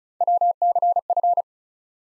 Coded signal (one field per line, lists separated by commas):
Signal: Morse code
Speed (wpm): 36 wpm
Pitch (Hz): 700 Hz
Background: none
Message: WCF